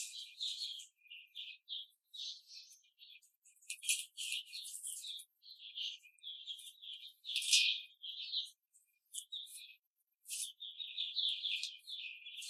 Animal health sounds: young laying hens in a cage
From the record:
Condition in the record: control cage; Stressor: none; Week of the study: 5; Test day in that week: 1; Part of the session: 4

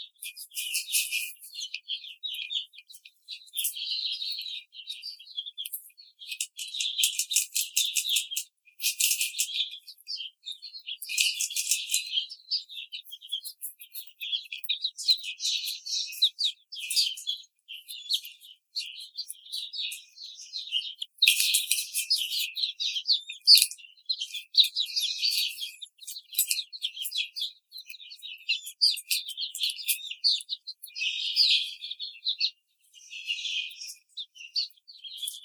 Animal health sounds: young laying hens in a cage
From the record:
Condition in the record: treatment cage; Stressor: simulated dog barking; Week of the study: 5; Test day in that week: 1

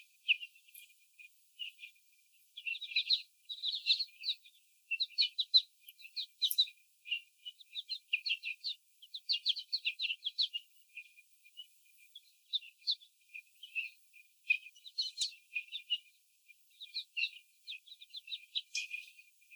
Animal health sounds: young laying hens in a cage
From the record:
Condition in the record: before the stressor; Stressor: sudden umbrella opening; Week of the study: 3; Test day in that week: 2

